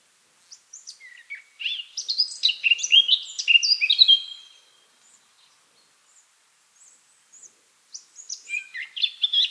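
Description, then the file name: Eurasian blackcap scratchy, rapid warbling song with high squeaky notes, a quiet gap, then another brisk warbled phrase. "Sylvia atricapilla"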